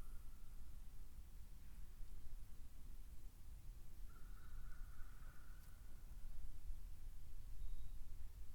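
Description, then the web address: Cuban ivory-billed woodpecker: a faint nasal note early on, then a clearer drawn-out, horn-like toot in the middle, over continuous low rumble. "sound cuban-ivory-billed-woodpecker. دانلود-صدای-دارکوب-نوک-عاجی"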